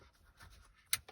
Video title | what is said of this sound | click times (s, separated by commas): 2010-2014 Cadillac CTS Navtool install April 2021 | and everything has a positive clip and you can hear it click when it goes in | 0.9 s